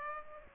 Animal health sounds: mosquito wingbeat signal from an infrared sensor; Aedes aegypti

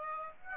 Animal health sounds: mosquito wingbeat signal from an infrared sensor; Aedes aegypti

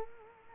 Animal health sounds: mosquito wingbeat signal from an infrared sensor; Culex quinquefasciatus

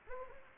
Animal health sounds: mosquito wingbeat signal from an infrared sensor; Anopheles gambiae

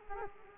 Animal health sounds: mosquito wingbeat signal from an infrared sensor; Culex quinquefasciatus

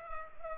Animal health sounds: mosquito wingbeat signal from an infrared sensor; Culex pipiens

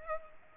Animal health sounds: mosquito wingbeat signal from an infrared sensor; Culex pipiens

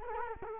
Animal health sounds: mosquito wingbeat signal from an infrared sensor; Culex quinquefasciatus

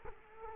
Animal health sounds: mosquito wingbeat signal from an infrared sensor; Culex quinquefasciatus

